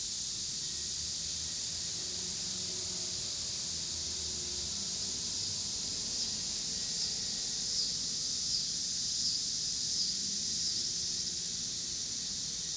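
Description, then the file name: Constant high cicada buzz, joined midway by a short run of repeated sharp chirps, with traffic rumbling low. Cicadas with passing car traffic in Pittsburgh, Pennsylvania, on 26 August 2023. "2023-08-26 cicadas and cars Pittsburgh PA"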